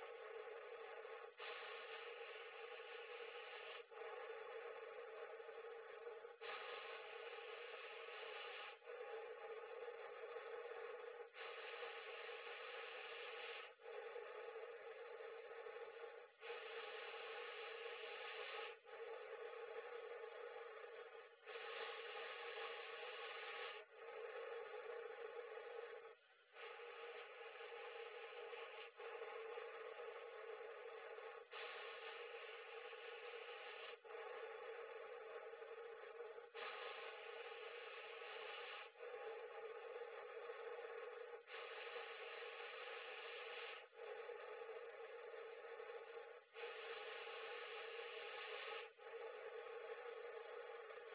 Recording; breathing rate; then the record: paced breathing near a phone; 12 breaths a minute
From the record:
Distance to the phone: 40 cm